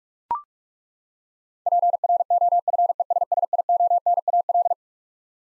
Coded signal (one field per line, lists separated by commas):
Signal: Morse code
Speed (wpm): 41 wpm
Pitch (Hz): 700 Hz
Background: none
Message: PROFESSIONAL